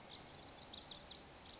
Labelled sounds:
Lazuli Bunting (Passerina amoena)
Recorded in Sonoma County, California

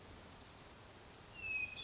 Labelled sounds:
Hermit Thrush (Catharus guttatus)
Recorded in Sonoma County, California

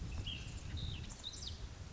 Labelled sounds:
Ash-throated Flycatcher (Myiarchus cinerascens)
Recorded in Sonoma County, California

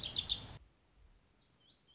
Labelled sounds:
Lazuli Bunting (Passerina amoena)
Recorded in Sonoma County, California

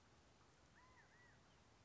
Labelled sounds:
California Quail (Callipepla californica)
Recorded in Sonoma County, California

